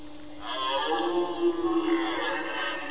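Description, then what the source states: Red deer letting out one long, sustained harmonic bellow that runs to the end, over a steady background hum. Bellowing during the rut.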